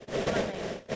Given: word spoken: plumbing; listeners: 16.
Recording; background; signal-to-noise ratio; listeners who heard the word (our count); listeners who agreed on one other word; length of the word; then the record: one English word in noise, from a listening test; noise modulated by three-talker babble; -8.0 dB; 0 of 16; 6 of 16; 0.56 s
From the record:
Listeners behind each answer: 6, 4, 3, 1, 1, 1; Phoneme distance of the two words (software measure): 17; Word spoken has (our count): 2 syllables, 6 phonemes, stress on syllable 1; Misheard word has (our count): 2 syllables, 5 phonemes, stress on syllable 1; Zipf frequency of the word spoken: 3.78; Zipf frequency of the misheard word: 5.75